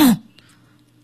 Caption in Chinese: 有慢性咽炎的人，他平时所容易表现出来的啊一个习惯性的动作就是清理嗓子。 你无论是人多呀人少啊，他就习惯性的要不就总是发出这样的声音。